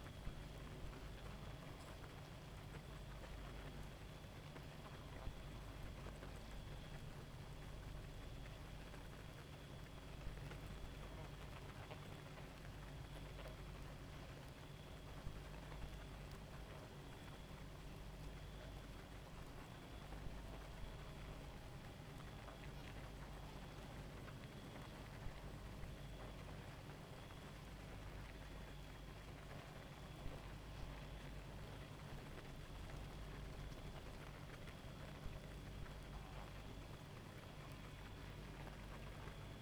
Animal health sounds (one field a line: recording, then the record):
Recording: honeybee colony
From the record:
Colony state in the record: active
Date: 28 July 2017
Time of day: 1:18